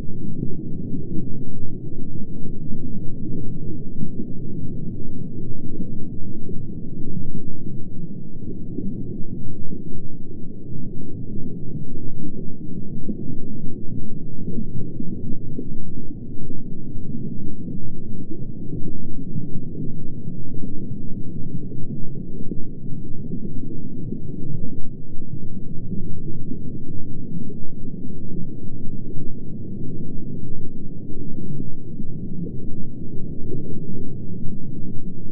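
A low underwater hum drones steadily for the whole clip, dense and muffled, with nothing bright above it and a faint shift near twenty-five seconds.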